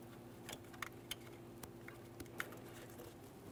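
The new upstream O2 sensor's plastic electrical connector is lined up and pressed toward its mating engine harness connector on a 2014-2018 Mazda 3 2.0L. Quiet handling ticks and rustles, with sharper ticks near 0.8 and 2.4 seconds, sit over a steady low hum. The connector has not seated or clicked in yet.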